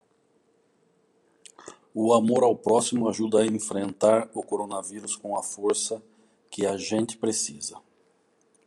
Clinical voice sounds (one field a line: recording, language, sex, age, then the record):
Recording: spoken sentence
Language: Brazilian Portuguese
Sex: male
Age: 50 to 59 years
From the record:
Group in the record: control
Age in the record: 53 years